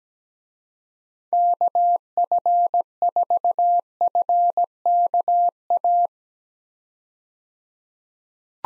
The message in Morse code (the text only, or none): KF4FKA